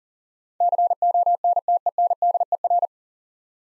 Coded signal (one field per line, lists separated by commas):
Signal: Morse code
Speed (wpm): 40 wpm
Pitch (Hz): 700 Hz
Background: none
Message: CONTENDER